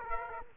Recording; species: mosquito wingbeat signal from an infrared sensor; Aedes aegypti